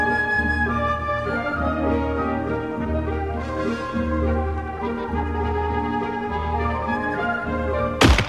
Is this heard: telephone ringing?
no